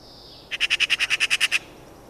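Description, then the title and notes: Eurasian magpie giving a single dry rattling chatter of about eleven quick harsh notes, then quiet. "Viikon luontoääni: Harakka. Juha Laaksonen"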